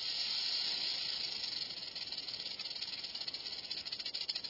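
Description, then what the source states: Rattlesnake warning rattle, a steady sibilant hiss that weakens and becomes faintly pulsing toward the end. Real rattlesnake's sibilant warning, given when cornered; ground squirrels were alarmed by this recording in an experiment.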